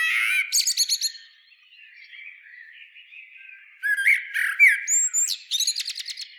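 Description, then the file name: Common blackbird song, a mellow warble ending in rapid high squeaks, then a longer phrase after a pause. "Turdus merula"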